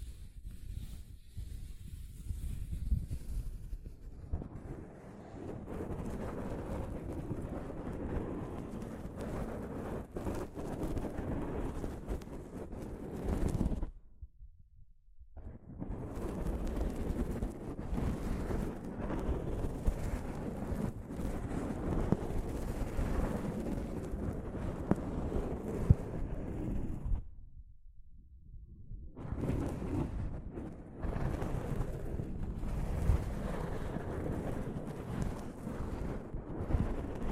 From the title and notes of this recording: ASMR Mic Brushing using Soft Fabric (No Talking).